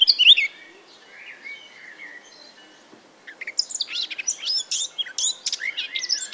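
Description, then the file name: Eurasian blackcap with a loud high note, then softer warbling, followed after a pause by a busy stream of sharp, high chirps and twittering notes. "Sylvia atricapilla"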